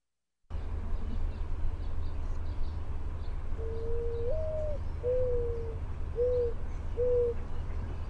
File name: MODO coo